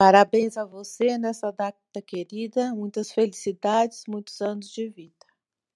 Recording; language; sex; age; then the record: short text; Brazilian Portuguese; male; 60 to 69 years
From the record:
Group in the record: control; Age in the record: 63 years